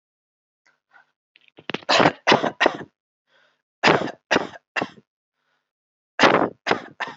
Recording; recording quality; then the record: shallow voluntary cough; excellent, no background noise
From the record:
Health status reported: healthy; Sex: male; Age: 36 years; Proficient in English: yes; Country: India